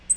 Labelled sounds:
Black-throated Green Warbler (Setophaga virens) flight call

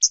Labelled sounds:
Hooded Warbler (Setophaga citrina) flight call

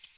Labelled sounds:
Yellow Warbler (Setophaga petechia) flight call

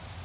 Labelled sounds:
Blackburnian Warbler (Setophaga fusca) flight call

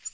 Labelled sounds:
Black-throated Green Warbler (Setophaga virens) flight call

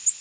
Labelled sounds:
Prothonotary Warbler (Protonotaria citrea) flight call

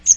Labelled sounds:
Magnolia Warbler (Setophaga magnolia) flight call

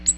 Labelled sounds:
Ovenbird (Seiurus aurocapilla) flight call

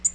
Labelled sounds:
Tennessee Warbler (Leiothlypis peregrina) flight call

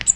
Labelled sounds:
Cape May Warbler (Setophaga tigrina) flight call

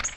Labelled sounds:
Magnolia Warbler (Setophaga magnolia) flight call

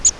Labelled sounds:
Grace's Warbler (Setophaga graciae) flight call

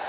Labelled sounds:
Orange-crowned Warbler (Leiothlypis celata) flight call

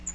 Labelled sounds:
Magnolia Warbler (Setophaga magnolia) flight call

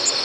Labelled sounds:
Tennessee Warbler (Leiothlypis peregrina) flight call

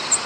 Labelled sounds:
American Redstart (Setophaga ruticilla) flight call

